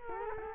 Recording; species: mosquito wingbeat signal from an infrared sensor; Culex quinquefasciatus